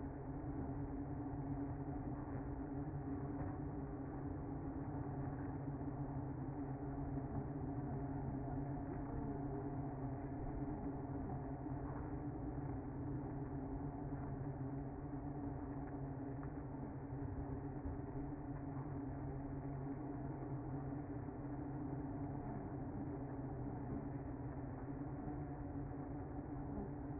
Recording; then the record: honeybee colony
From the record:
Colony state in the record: active